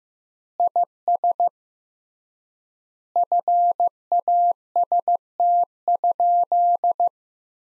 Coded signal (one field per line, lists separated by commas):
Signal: Morse code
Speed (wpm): 15 wpm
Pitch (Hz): 700 Hz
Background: none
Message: IS FAST?